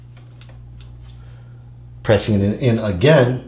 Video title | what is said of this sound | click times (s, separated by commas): Step by Step Unboxing Build of the Creality Ender 2 Pro 3D Printer | simply line it up gently and then push it until it clicks | 0.4 s